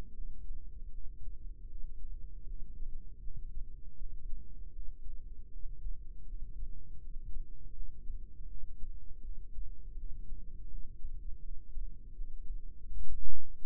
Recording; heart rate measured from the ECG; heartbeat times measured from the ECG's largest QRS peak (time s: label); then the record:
heart sounds by microphone in the right ear; 80 bpm
0.14 s: heartbeat
0.90 s: heartbeat
1.67 s: heartbeat
2.46 s: heartbeat
3.20 s: heartbeat
3.96 s: heartbeat
4.72 s: heartbeat
5.49 s: heartbeat
6.26 s: heartbeat
6.99 s: heartbeat
7.72 s: heartbeat
8.47 s: heartbeat
9.21 s: heartbeat
9.95 s: heartbeat
10.68 s: heartbeat
11.40 s: heartbeat
12.13 s: heartbeat
12.89 s: heartbeat
13.63 s: heartbeat
From the record:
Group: healthy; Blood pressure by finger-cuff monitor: 124/90 mmHg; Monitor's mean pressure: 104 mmHg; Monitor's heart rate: 80 bpm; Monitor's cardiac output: 4.7 L/min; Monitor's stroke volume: 59 mL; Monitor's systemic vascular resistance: 1640 dyn s/cm5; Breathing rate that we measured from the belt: 16 breaths a minute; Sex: female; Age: 51 years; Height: 162 cm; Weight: 70.04 kg